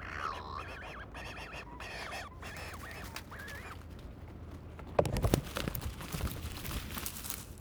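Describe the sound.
Scopoli's shearwater wailing calls, several wavering nasal notes in the first half, then loud clattering and rustling noise.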